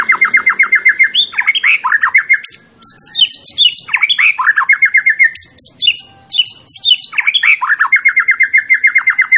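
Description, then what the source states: White-rumped shama singing rapid repeated chattering notes interspersed with rising and falling whistled flourishes, energetic and continuous throughout. Champion white-rumped shama; recording used for training songbirds (masteran).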